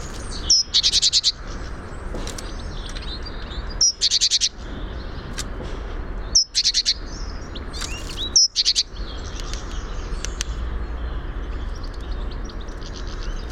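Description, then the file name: Great tit repeating a harsh, scolding chatter in four bursts at uneven intervals, each opened by a sharp high note, over a low background rumble. "Parus major"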